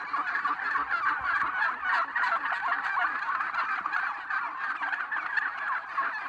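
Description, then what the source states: Turkeys gobbling together in a dense, continuous chorus of rapid, rattling calls that overlap without pause. Red turkeys, several birds.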